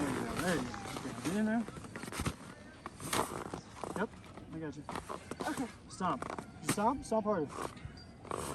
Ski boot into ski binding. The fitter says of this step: You're not in yet. And this is another trick. You got to make sure you hear the click, or else you're going to fly right out.